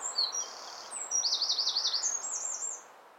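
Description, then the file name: Eurasian wren with thin high notes, then a quick pulsing trill followed by a brief higher trill, very high-pitched against soft steady noise. "Troglodytes troglodytes"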